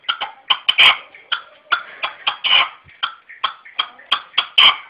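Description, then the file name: Red-legged partridge giving irregular harsh clucking notes with some louder rasping bursts scattered among them. "perdiz roja-sonido"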